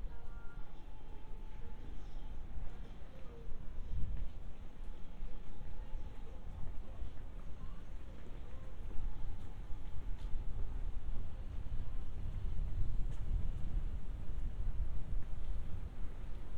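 A walk through the streets of Funabashi, Chiba, Japan, with a steady low rumble of traffic throughout and footsteps or small knocks scattered on top. Faint voices and a thin tonal whine come and go, with heavier bursts of rumble near 4 and 13 seconds.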